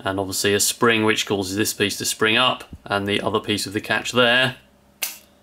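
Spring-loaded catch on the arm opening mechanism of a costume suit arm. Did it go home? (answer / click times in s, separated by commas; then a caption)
yes / 5.0 s. A spring-loaded catch on the elbow section of a wearable Iron Man costume arm's opening mechanism is pushed up by its spring to engage the other piece of the catch. Someone talks for most of the clip, then after a pause a single sharp click is heard at 5.0 s as the catch clicks into place and seats.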